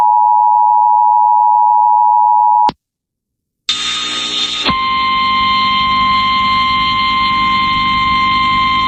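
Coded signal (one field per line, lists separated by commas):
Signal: Emergency Alert System (SAME) tones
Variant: 853 and 960 Hz attention tone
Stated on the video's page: Recorded South Carolina Tornado Warning EAS alert, relayed about twenty minutes late.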